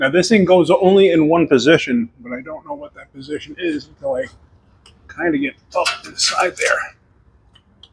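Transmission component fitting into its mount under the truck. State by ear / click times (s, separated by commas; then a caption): not seated / none. A man talks while working up under a 2011 Ford F150 with transmission limp mode after warming up, feeling blind for the one position a transmission part fits into its mount. Two faint, short ticks sound near the end, but nothing has seated or clicked yet.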